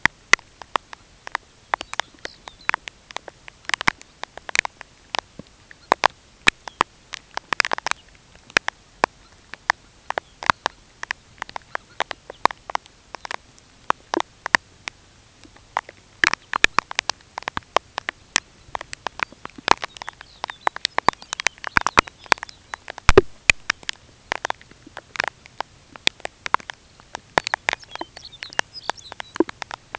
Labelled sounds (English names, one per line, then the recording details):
unidentified sound
Lapland Longspur
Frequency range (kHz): Lapland Longspur 1.9-7.1 kHz
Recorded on Arctic tundra, site UTQI-5, on 13 June 2019
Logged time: 16:00